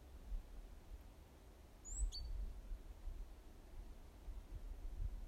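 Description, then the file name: Great tit call: a single high, thin falling note with a quick lower note after it, heard once over a soft low background rumble. "Parus major"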